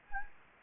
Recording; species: mosquito wingbeat signal from an infrared sensor; Anopheles gambiae